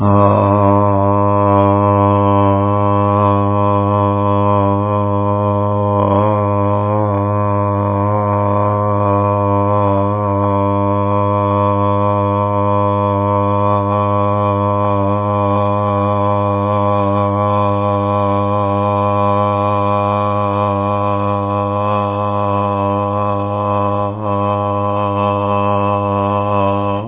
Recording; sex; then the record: sustained vowel /a/; male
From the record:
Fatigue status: no fatigue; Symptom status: asymptomatic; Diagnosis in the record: COVID-19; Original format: 3gp